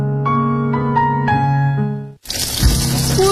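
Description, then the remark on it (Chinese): A few soft sustained tones play, then a steady, hissing rush of water pours from a tap, fairly loud and continuous until the end. “随手关上水龙头”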